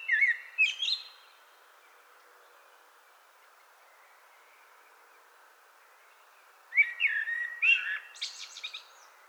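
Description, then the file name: Common blackbird giving rich, low whistled phrases that break into thin, high, scratchy twittering, two phrases separated by a quiet gap. "Turdus merula"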